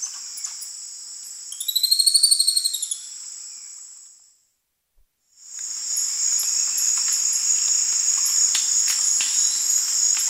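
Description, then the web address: Goeldi's monkey call: a quick run of high, bright notes that rises then falls over a second or so, over a steady shrill insect chorus that briefly cuts out. South American rainforest primate. "Nature Songs S America Primates of the Rainforest Goeldi's monkey"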